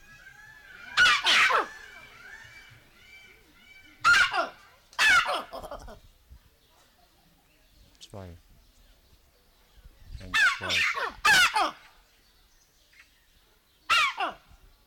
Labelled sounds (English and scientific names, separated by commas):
Collared Mangabey (Cercocebus torquatus)